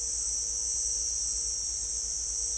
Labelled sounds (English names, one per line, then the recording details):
none
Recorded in secondary vegetation near Puerto Asís, Putumayo, Colombia, on 21 December 2024 at 18:00
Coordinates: 0.488, -76.319
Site GP04